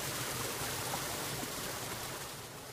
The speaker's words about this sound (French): Nous sommes au bord de la rivière Mukuzi, puis précisément à l'endroit où l'on aménage le micro-barrage d'irrigation des champs se trouvant sur la colline Busimba de la commune et province Muramvya